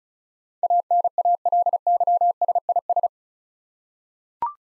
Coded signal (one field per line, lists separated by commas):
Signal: Morse code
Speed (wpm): 36 wpm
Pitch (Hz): 700 Hz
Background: none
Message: ANALYSIS